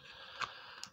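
The plate on the plastic stand arm of a Flybe Dash 8-Q400 model aircraft is lined up with the hole in the display stand base and pushed forward. Two sharp clicks sound at 0.4 s and 0.8 s as the arm clicks into the base. The arm is seated securely in the stand base.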